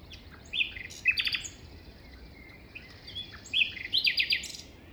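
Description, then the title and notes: Common nightingale singing short bursts of sharp, rapidly repeated notes and whistles, with a quiet wind background. Nightingale singing beside a path at 5:05 am, 21 May 2019, Plateau de Lesches en Diois; windy; recorded in stereo on a Nagra Seven with MKH40 microphones. "Plateau de Lesches en diois. un rossignol en bord de chemin"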